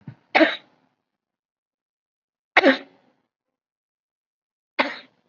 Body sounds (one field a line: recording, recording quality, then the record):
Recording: heavy voluntary cough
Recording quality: excellent, no background noise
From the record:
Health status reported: COVID-19 positive, moderate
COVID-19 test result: positive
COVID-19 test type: RT-PCR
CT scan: not taken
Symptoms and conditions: cough, fatigue, muscle pain, pneumonia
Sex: female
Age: 68 years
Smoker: no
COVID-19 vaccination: none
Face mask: worn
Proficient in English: no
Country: India